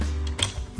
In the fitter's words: once it's aligned you just shove it until it snaps and there you go